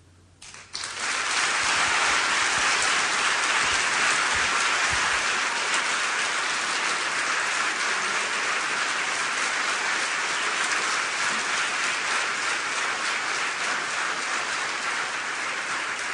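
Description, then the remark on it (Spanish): A theatre audience at the Teatro Cervantes breaks into loud, sustained applause after a brief quiet start, a dense, even roar of clapping hands that holds steady without letting up. No voices are heard. “Yo pienso en todos los que merecen haber estado en este teatro, como yo ahora, y recibir semejante aplauso.”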